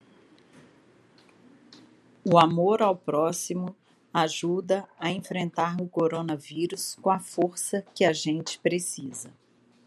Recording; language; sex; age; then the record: spoken sentence; Brazilian Portuguese; female; 50 to 59 years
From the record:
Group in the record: control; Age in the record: 52 years